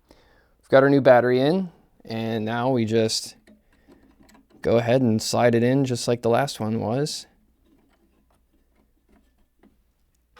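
A new coin cell battery is slid into its holder on a circuit board and worked into position before being pressed fully home. Someone talks, and only a few light ticks are heard in the pauses and quiet end. Nothing has seated or clicked yet.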